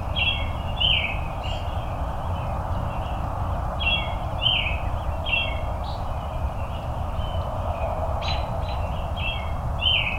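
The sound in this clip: Robin song: a series of short, slurred, warbling phrases at a steady mid-high pitch, paced irregularly, over continuous low rumbling noise.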